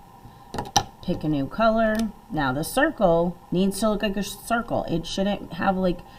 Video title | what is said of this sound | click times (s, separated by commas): 1st Marker Skill Builder | When you're finished, put the cap back on your marker until you hear it snap. | 0.8 s